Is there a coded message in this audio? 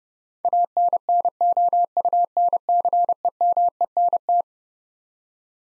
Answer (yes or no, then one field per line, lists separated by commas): yes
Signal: Morse code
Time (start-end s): 0.4-4.4 s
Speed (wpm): 30 wpm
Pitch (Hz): 700 Hz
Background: none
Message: ANNOUNCEMENT